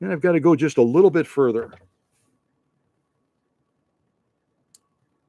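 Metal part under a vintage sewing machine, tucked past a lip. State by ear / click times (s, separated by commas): seated / 4.8 s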